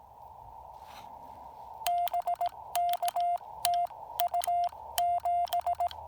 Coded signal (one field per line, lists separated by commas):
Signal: Morse code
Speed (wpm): 18 wpm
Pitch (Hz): 690 Hz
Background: none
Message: BK TU 7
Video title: POTA Field Report: Activating Lake James with the Yaesu FT-817ND and no ATU